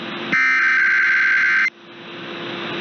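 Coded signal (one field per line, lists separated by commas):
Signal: Emergency Alert System (SAME) tones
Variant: header bursts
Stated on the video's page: Automated weekly tests from broadcast stations.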